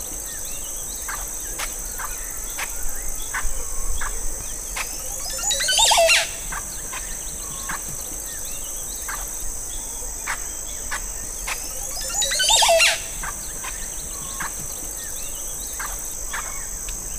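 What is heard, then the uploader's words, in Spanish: An oropendola calls twice, around six and twelve seconds, with rising liquid gurgles over a steady high insect drone and scattered birdsong at dawn. Sonido de una hermosa Oropéndola en un amanecer de la Cordillera Nombre de Dios en Honduras. La Zacua mayor (Psarocolius montezuma).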